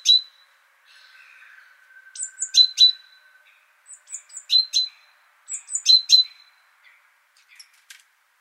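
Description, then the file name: Great tit giving clusters of high, sharp ticking call notes, with a steady hum early on, the last notes fading. "Parus major"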